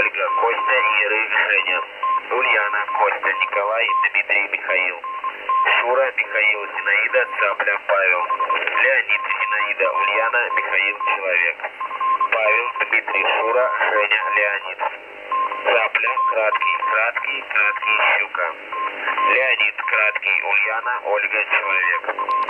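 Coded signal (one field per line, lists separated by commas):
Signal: coded military voice message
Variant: Russian phonetic alphabet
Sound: voice reading Russian phonetic-alphabet words in five-word groups over narrow radio audio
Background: radio static, heterodyne whistle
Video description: 4896 kHz 1932 Number Station Russian RUS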